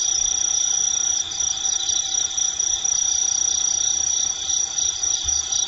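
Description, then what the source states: Kinhibari cricket trilling nonstop in a bright, high, even ringing tone. Recorded 14 October 2013.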